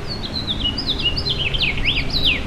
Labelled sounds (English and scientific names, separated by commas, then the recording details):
House Finch (Haemorhous mexicanus) song
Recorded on Long Island, New York, on 26 May 2012
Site OB
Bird A